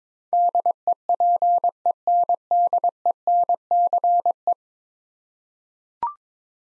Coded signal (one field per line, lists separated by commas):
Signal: Morse code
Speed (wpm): 22 wpm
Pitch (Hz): 700 Hz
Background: none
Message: DEPENDENCE